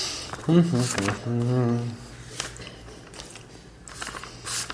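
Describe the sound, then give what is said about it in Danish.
Someone rummages through a bag looking for their field notes, producing scattered bursts of rustling and crinkling after a brief stretch of voice at the start. “Og nu må jeg lige have mig undskyld, fordi jeg lige rodede efter mine feltnoter nede i min taske.”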